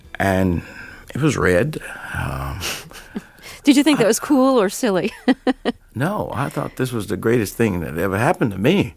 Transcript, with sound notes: And it was red.
Did you think that was cool or silly (laughter)
No, I thought this was the greatest thing that ever happened to me.